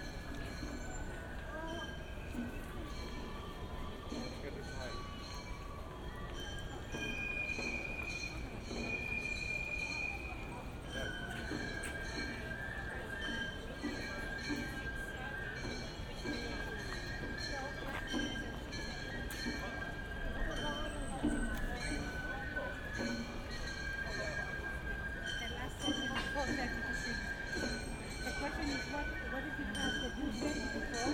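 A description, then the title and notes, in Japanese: Gion Festival float procession, recorded binaurally: a dense, steady crowd murmur with voices and a low rolling rumble underneath. Thin, drawn-out squealing tones, like creaking wooden wheels, rise above the crowd, notably around seven to ten seconds and again later. 祇園祭 山鉾巡行（バイノーラル）。立体音響（バイノーラル）収録。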